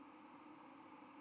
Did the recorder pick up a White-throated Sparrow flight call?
no